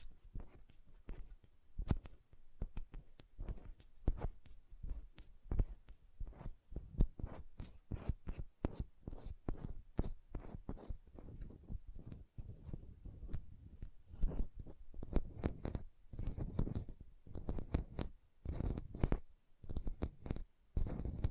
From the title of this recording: Hand Sounds, Nail Tapping and Lotion Sounds